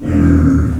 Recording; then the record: squeal of a Yucatan mini pig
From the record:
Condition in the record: after surgery on the right vocal fold (resection and tissue-engineered implant); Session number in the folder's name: 9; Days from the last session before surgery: 65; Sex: female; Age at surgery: 19 weeks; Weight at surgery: 25 kg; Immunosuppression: prednisolone